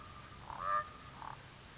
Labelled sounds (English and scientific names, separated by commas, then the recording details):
Common Raven (Corvus corax)
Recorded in Sonoma County, California